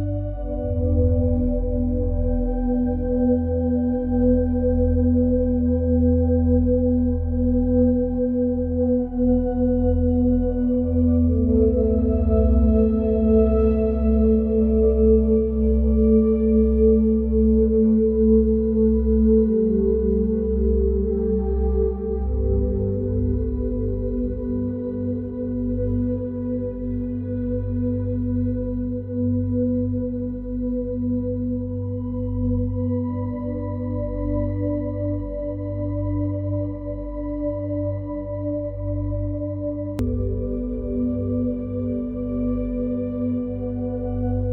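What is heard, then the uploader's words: A meditative 396 Hz sound: layered sustained tones over a deep, rumbling low drone, resembling a singing bowl. The chord changes smoothly around 11, 22, 33 and 40 seconds, with a faint click at the last shift. Loudness stays steady throughout. Meditative 396 Hz sound for emotional healing and transformation.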